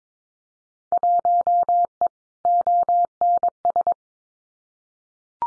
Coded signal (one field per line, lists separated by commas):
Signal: Morse code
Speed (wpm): 22 wpm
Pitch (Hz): 700 Hz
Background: none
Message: 1E ONS